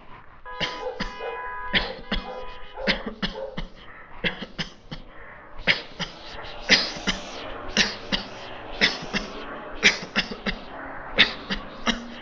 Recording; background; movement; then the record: voluntary coughing; traffic; walking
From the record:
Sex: male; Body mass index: 22.0 kg/m2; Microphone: on the chest, facing the body